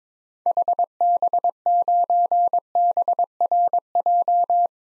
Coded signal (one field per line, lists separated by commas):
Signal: Morse code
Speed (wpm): 21 wpm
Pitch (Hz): 700 Hz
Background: none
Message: HB9BRJ